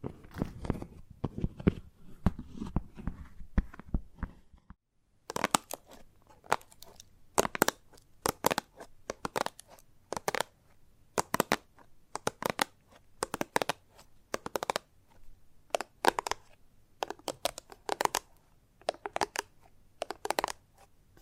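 Chalk taps and scratches in dense low clusters for five seconds, then after a brief silence, sharp bright taps come in quick, irregular bursts.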